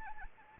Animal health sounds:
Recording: mosquito wingbeat signal from an infrared sensor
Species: Anopheles gambiae

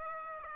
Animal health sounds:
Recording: mosquito wingbeat signal from an infrared sensor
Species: Aedes aegypti

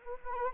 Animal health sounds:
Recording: mosquito wingbeat signal from an infrared sensor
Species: Anopheles arabiensis

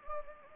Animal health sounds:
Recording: mosquito wingbeat signal from an infrared sensor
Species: Anopheles gambiae

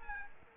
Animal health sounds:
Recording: mosquito wingbeat signal from an infrared sensor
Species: Aedes aegypti

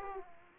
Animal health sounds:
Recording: mosquito wingbeat signal from an infrared sensor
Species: Aedes aegypti

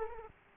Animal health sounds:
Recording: mosquito wingbeat signal from an infrared sensor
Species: Aedes aegypti

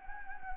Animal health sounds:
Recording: mosquito wingbeat signal from an infrared sensor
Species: Anopheles gambiae

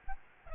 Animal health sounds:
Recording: mosquito wingbeat signal from an infrared sensor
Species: Aedes albopictus

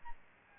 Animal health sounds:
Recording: mosquito wingbeat signal from an infrared sensor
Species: Aedes albopictus

